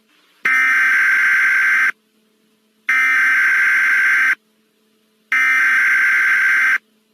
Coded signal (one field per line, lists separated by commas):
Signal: Emergency Alert System (SAME) tones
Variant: header bursts